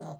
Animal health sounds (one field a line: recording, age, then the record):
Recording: pig call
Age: piglet (1 to 25 days)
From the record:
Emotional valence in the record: negative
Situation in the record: short isolation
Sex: male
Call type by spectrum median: low-frequency call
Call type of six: low-frequency stable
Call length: 0.20 s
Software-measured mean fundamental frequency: 71 Hz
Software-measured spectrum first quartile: 182 Hz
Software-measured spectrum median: 419 Hz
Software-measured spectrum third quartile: 748 Hz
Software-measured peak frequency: 159 Hz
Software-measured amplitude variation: 97 dB a second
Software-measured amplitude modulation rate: 15.0 a second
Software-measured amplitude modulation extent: 6.5 dB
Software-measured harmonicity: 2.0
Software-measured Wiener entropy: -0.29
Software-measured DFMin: 1126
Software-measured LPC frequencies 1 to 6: 675, 3454, 4017, 4748, 6410, 6936 Hz